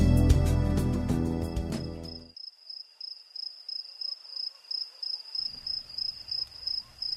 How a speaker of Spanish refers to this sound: Esos grillos están dándote serenata. Están felices porque ha llovido. Por eso cantan.